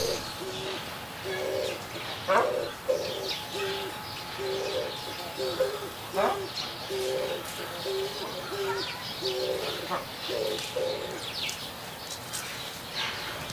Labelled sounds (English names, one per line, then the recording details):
Oriental Turtle Dove courtship call
White Eared Pheasant
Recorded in captivity
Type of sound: courtship call
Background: Crossoptilon crossoptilon
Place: Tierpark Berlin, Berlin, DE
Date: 1983-12-24 10:17
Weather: sunny, 1-3°C, no wind
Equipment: Nagra SN, Sennheiser MKH 416 T, Kopie Uher 4000 Report Monitor
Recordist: Tembrock, Günter
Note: Balzfolgen (Distanz)